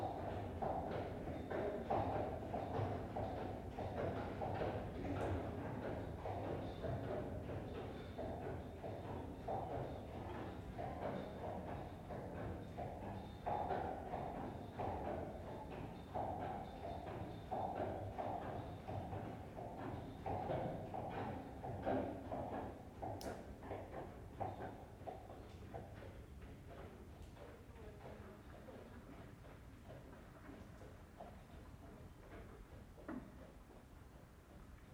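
Footsteps on a greenway through an old railway tunnel, with regular thudding steps over a dense, rushing murmur that slowly fades toward the end.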